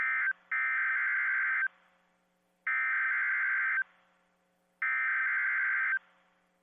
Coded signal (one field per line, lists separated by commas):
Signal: Emergency Alert System (SAME) tones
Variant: header bursts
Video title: EAS: Mandatory Evacuations/Hurricane Warnings for Florida from Hurricane Idalia │ NOAA Weather Radio